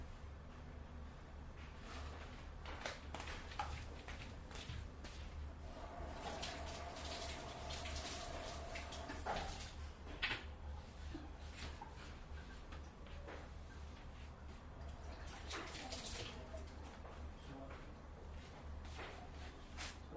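Dishes being washed, with frequent clinks and knocks of crockery scattered across the whole stretch over a steady low hum. Around six to nine seconds a thin, sustained tone rises above the clatter, and a sharp clank stands out near ten seconds.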